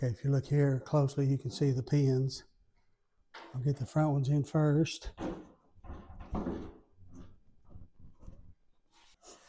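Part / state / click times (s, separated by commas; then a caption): griddle cooktop onto the frame's locating pins / not seated / none. Someone talks while the steel griddle cooktop of a 28-inch Blackstone griddle is set onto the front locating pins of its frame, lined up there before being pushed back to lock into the slots. Short knocks are heard at about 3.4 s, 6.2 s and 6.4 s amid the talking. Nothing has seated or clicked yet.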